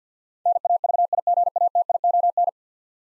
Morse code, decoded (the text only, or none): NAVIGATION